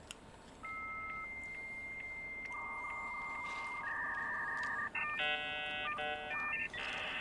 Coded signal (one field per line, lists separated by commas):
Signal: dial-up modem handshake